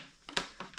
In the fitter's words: goes back in. He snaps into place.